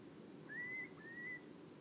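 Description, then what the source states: Eurasian curlew call: two thin whistled notes, each sliding slightly upward and holding steady, over a constant low rushing background hiss. Recorded at Stoborough on 16 July 2015 at 03:23.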